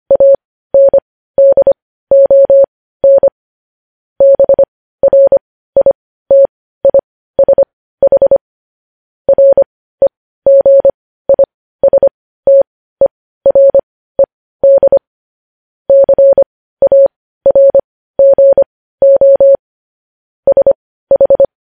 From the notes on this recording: Morse code